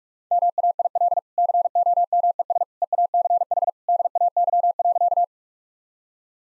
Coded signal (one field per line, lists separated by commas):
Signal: Morse code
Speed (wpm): 45 wpm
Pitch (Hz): 700 Hz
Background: none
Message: MAIL COMES EACH DAY.